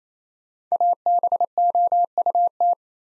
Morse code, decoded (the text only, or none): ABOUT